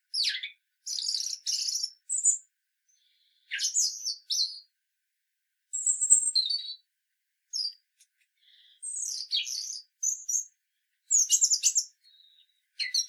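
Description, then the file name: European robin song: a long series of sweet, high, tumbling phrases mixing clear whistles and scratchy trills, each phrase short and followed by a short pause. "Erithacus rubecula"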